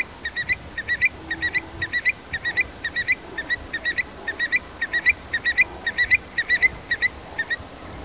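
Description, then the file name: Eurasian stone-curlew calls: clear, sharp whistled notes in quick pairs, repeated about twice a second in a steady, rhythmic series. "occhione"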